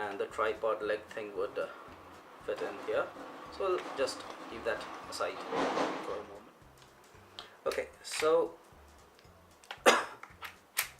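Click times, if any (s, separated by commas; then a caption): 10.8 s. Someone talks while fitting the small tripod leg into the base of the handle of a Zhiyun Smooth 4 phone gimbal, with scattered handling taps and knocks. The leg snaps home with a sharp click at 10.8 s and is seated in place, which matters because the older Smooth 3 model's leg used to come loose.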